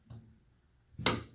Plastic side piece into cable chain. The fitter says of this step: you put the side you just push it in until you hear the clicking sound